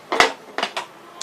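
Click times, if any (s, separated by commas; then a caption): none. A plastic lid is closed onto the bowl of a manual vegetable chopper and someone tries to lock it before pressing. Several short plastic knocks are heard at about 0.1, 0.2, 0.6, 0.8 and 1.2 seconds. The lid does not lock, and nothing has seated or clicked yet.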